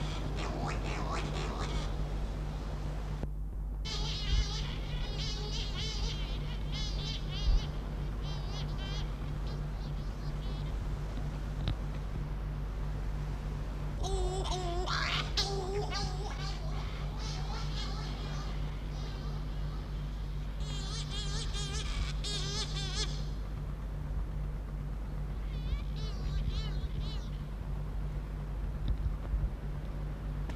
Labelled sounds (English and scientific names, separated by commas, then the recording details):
Cory's Shearwater (Calonectris borealis) call
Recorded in captivity
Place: La Gomera, ES
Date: 1985-03-17
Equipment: Halbspur, 9,5 cm/s
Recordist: Lütgens, Hans